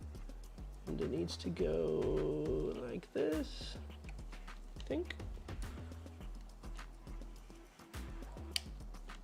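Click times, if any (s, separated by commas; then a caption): 8.6 s. Someone talks while pushing the Y-axis stepper motor cable connector into its motor socket on the frame of a semi-assembled Prusa Mini+ 3D printer during assembly. A single sharp, loud click at 8.6 s marks the connector snapping into place, and it is seated.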